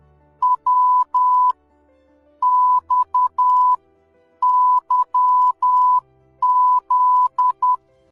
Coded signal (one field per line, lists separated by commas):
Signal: Morse code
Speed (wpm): 10 wpm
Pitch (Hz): 1000 Hz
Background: music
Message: WXYZ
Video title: Morse Code (CW)